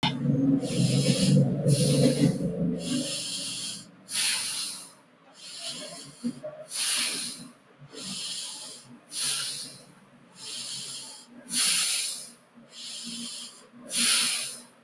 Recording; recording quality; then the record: shallow breathing; excellent, no background noise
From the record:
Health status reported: healthy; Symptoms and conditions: none ticked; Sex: male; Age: 21 years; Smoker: not ticked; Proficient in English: yes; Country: India